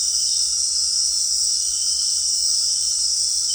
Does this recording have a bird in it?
no